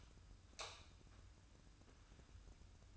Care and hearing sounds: daily activity, microphone in the room; light off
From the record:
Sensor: 2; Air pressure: 994.3 hPa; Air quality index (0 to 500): 217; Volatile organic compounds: 1000 ppm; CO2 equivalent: 7202 ppm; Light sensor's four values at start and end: 139/338/142/147 and 135/323/136/142

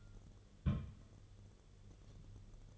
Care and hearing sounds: daily activity, microphone in the room; place on stove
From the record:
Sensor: 4

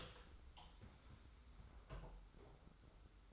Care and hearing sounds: daily activity, microphone in the room; open door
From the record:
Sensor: 3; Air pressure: 991.5 hPa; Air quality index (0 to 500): 138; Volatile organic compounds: 271 ppm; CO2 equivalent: 4413 ppm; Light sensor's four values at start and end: 42/118/48/42 and 42/118/48/42

